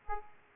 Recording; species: mosquito wingbeat signal from an infrared sensor; Aedes aegypti